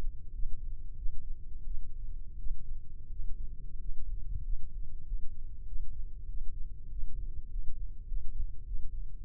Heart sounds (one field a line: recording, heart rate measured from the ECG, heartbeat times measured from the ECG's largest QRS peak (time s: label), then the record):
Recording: heart sounds by microphone in the left ear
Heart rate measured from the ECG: 94 bpm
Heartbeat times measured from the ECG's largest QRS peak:
0.30 s: heartbeat
0.94 s: heartbeat
1.63 s: heartbeat
2.35 s: heartbeat
3.08 s: heartbeat
3.76 s: heartbeat
4.41 s: heartbeat
5.03 s: heartbeat
5.64 s: heartbeat
6.25 s: heartbeat
6.87 s: heartbeat
7.46 s: heartbeat
8.04 s: heartbeat
8.63 s: heartbeat
9.22 s: heartbeat
From the record:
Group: healthy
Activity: rest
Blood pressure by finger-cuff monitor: 123/87 mmHg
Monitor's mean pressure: 98 mmHg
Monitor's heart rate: 97 bpm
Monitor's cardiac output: 6.6 L/min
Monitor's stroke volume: 69 mL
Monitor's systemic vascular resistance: 1120 dyn s/cm5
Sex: male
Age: 21 years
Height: 180 cm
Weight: 67.5 kg